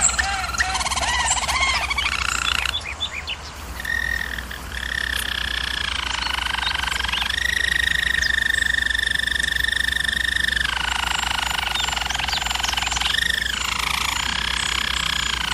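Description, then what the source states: German Roller canary song: long continuous rolling tours with sustained trilled tones shifting between pitch levels, a few brief chirps early on, steady low hum underneath. Singing used for canary training.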